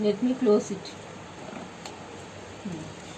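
Someone talks at the start while closing the front door of a free-standing Bosch dishwasher after loading it, followed by quiet handling noise with a brief faint tap near 1.9 s. The door latch has not yet clicked shut into the dishwasher body, and nothing has seated by the end of the clip.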